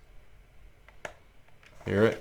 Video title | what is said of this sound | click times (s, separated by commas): HUBSAN ZINO 2 - MY FIRST LOOK & IMPRESSIONS OUT OF THE BOX | so that locks right into place and you should hear the clicks hear it | 0.9 s, 1.1 s